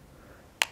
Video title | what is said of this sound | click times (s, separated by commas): Sena MagnetFlipper Final Review | just like the things you just stick it on locks in place somewhere there | 0.6 s